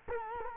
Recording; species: mosquito wingbeat signal from an infrared sensor; Culex quinquefasciatus